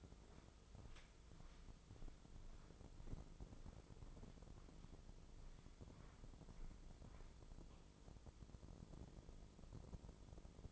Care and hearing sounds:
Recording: daily activity, microphone in the room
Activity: walk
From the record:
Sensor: 5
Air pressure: 996.1 hPa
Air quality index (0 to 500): 248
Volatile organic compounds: 529 ppm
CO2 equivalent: 4856 ppm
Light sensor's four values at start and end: 197/469/200/220 and 197/470/200/220

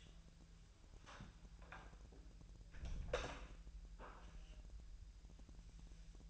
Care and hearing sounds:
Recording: daily activity, microphone in the room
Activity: close door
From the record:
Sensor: 2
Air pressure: 1001.2 hPa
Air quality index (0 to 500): 249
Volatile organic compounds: 89 ppm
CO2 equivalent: 3678 ppm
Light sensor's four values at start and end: 10/23/9/10 and 9/23/9/10

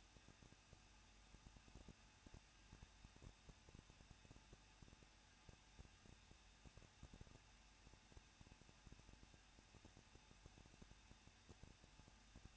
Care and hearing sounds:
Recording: daily activity, microphone in the room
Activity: no activity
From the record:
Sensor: 2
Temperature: 21.0 degrees Celsius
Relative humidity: 37.4%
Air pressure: 1006.2 hPa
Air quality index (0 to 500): 221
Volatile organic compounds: 24 ppm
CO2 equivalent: 2797 ppm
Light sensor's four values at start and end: 2/3/2/2 and 2/3/2/2

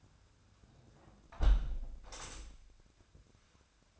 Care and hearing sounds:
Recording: daily activity, microphone in the room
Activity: close window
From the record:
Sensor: 2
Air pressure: 1006.4 hPa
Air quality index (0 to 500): 197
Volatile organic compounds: 13 ppm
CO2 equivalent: 2400 ppm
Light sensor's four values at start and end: 9/21/9/9 and 8/21/8/9

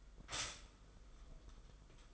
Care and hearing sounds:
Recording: daily activity, microphone in the room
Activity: stop toaster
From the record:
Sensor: 5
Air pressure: 990.9 hPa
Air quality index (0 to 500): 145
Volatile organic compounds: 129 ppm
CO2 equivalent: 3922 ppm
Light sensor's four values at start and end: 37/116/44/47 and 37/116/44/47

